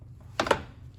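A wrench turns a 10 mm radiator mounting bolt in the radiator support of a Toyota Camry during removal. A sharp metallic crack at 0.4 s is followed by a second hit at 0.5 s against low background hum. The bolt strips out and busts off.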